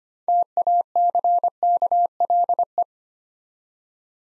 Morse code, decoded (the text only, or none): TACKLE